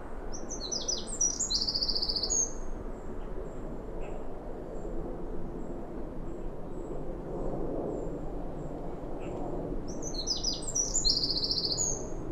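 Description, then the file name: Eurasian wren song: two bursts of rapid, very high trills and sharp notes, near the start and again near the end, over a steady low rumbling background. "Troglodytes troglodytes"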